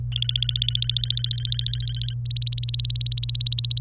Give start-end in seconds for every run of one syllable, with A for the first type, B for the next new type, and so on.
0.12-2.14 A, 2.26-3.81 B